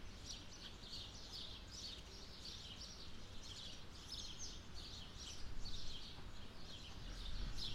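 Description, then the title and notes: Bird twittering in rapid, repeated high notes forming a dense continuous layer above a low, steady background hum. Birds nesting in trees on both sides of a path up to the church in Sete Cidades, Azores. "Atonal church bells, Sete Cidades. The church bells in Sete Cidades in the Azores ring out. birds nesting in the trees either side of a path leading up to the church provide a more melodious accompaniment. Recorded by Cities and Memory"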